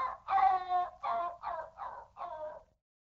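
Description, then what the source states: Dog giving six short tonal barks in quick succession, then falling silent. Excited dog barking.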